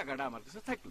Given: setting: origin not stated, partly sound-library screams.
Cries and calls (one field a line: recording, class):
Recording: one-second piece from a danger detection set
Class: normal situation